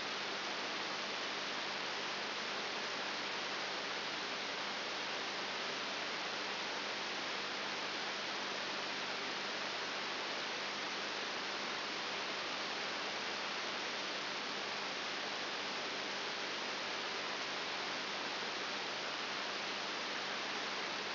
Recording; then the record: brain microelectrode recording played as sound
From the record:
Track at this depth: outside the subthalamic nucleus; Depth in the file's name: 8 mm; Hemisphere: right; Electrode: 3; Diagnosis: Parkinson's disease